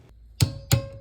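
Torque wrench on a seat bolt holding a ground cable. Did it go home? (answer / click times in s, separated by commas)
yes / 0.4 s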